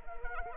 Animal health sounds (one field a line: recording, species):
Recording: mosquito wingbeat signal from an infrared sensor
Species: Anopheles arabiensis